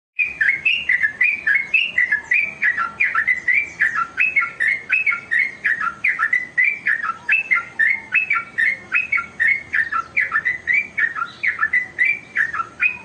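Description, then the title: Oriental magpie-robin song: a long, fast run of whistled and chirping notes, repeated steadily with almost no pause throughout. "Kicau Kacer"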